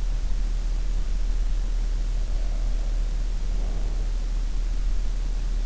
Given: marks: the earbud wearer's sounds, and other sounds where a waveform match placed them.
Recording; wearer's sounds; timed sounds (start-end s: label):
sounds in sleep by an in-ear microphone; breath
2.33-4.07 s: breath